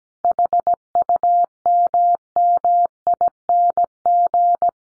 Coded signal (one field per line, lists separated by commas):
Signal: Morse code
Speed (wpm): 17 wpm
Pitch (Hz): 700 Hz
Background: none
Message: HUMMING